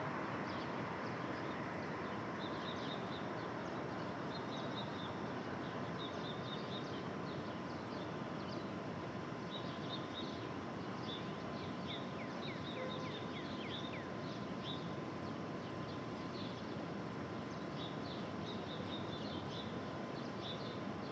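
A Brooklyn dawn: a thick, steady low rumble of city traffic fills the whole stretch without letup. Small birds chirp and twitter in short bursts throughout, and a faint, even whine holds underneath from start to finish.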